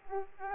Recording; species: mosquito wingbeat signal from an infrared sensor; Aedes aegypti